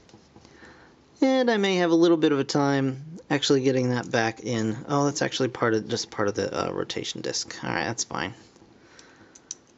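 A plastic leg of a transforming toy figure, forced out past its rotation disc, is pushed back into its hip socket while someone talks. A few faint ticks follow, then a sharp snap at 9.5 s as the leg seats back in the socket.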